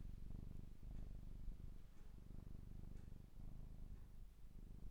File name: cat